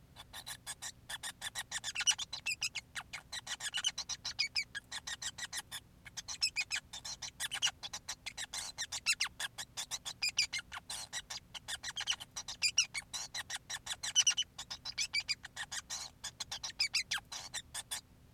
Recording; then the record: song of a male Bengalese finch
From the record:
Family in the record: son of father 5